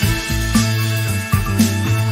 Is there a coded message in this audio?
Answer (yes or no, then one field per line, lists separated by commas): no